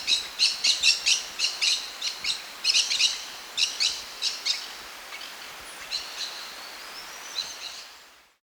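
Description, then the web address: Green-cheeked parakeet giving harsh, scratchy squawks in quick bursts, grouped in short runs, fading toward the end into a thinner rising chirp over light background hiss. Andes, South America. "S America Andean Birds. Green-Cheeked Parakeet (Pyrrhura Molinae)"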